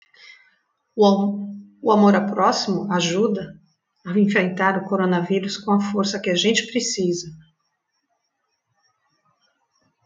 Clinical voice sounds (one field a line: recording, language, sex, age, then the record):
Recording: spoken sentence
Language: Brazilian Portuguese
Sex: female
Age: 50 to 59 years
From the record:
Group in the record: control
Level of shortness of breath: 0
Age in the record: 55 years